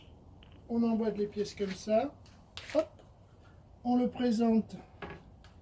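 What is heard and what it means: A printed plastic deck section of a model railway helical ramp is handled and brought up to its base support while someone talks. A few short taps and knocks sound between the speech, but nothing has seated or clicked yet.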